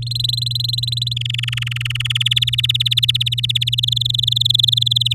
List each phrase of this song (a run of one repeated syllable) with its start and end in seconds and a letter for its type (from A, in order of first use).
0.02-1.14 A, 1.16-2.28 B, 2.31-3.75 C, 3.78-5.14 D